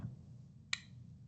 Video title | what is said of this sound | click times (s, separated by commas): 2nd Lincolnshire Latera nasal implant + ET dilatation workshop, Wednesday 7 May 2025, | Click. So deployed. | 0.7 s